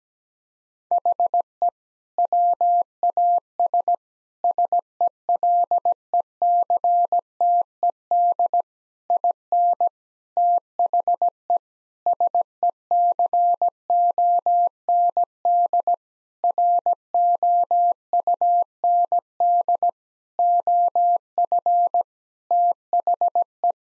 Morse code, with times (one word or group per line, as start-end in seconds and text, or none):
0.9-1.7 HE
2.2-3.9 WAS
4.4-8.6 SELECTED
9.1-9.9 IN
10.4-11.6 THE
12.1-15.9 SECOND
16.4-19.9 ROUND
20.4-22.0 OF
22.5-23.7 THE